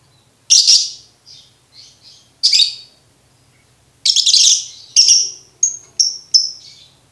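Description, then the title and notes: Lovebird song: harsh, buzzy squawks spaced apart, followed by several short, clear, high chirps in quick succession. For birds to learn the ngekek song style. "MASTERAN BURUNG. Belajar Ngekek. lofbet"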